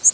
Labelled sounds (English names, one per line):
Northern Waterthrush flight call